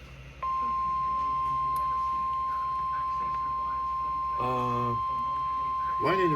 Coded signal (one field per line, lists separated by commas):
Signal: Emergency Alert System (SAME) tones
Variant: 1050 Hz attention tone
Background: speech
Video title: Double Header EAS Special Marine Warning And Required Weekly Test On NOAA Weather Radio